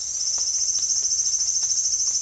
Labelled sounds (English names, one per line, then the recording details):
none
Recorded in secondary vegetation near Puerto Asís, Putumayo, Colombia, on 30 June 2025 at 13:30
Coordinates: 0.498, -76.327
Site GP09